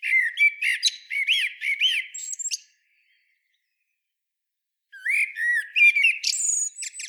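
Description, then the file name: Common blackbird singing: warbled whistled phrases with thin high twittered endings, two phrases separated by a silent gap of about two seconds. "Turdus merula"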